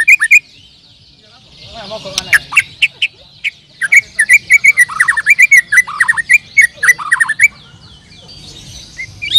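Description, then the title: Bird song with a long run of quick, sharp chirps and falling whistled notes, delivered at a steady, lively pace over a faint low drone. "Kicau Burung"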